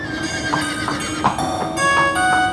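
Heavy, hard footsteps thud at a steady walking pace from a doorway to a bed, about six of them, each with a bright metallic jingle, like spurs, ringing over a sustained tonal shimmer.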